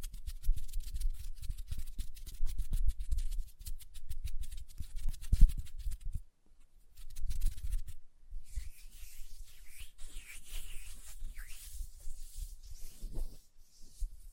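Hands rub together in quick, dense strokes with soft low thumps, pause briefly, then turn to wet, squishy lotion sounds from about eight seconds on.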